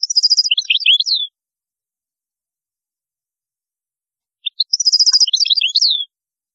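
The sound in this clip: European goldfinch song, two matching tinkling phrases separated by a pause, each a quick liquid trill ending in sliding twittered notes.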